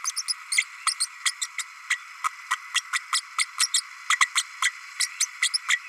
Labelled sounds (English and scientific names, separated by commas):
Green-rumped Parrotlet (Forpus passerinus) babbling